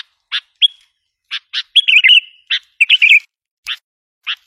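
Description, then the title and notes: Sooty-headed bulbul giving scattered short chirps and a longer liquid, warbling whistled phrase near the middle, with spaced notes afterward. "Kicau Burung Kutilang"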